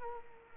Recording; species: mosquito wingbeat signal from an infrared sensor; Culex quinquefasciatus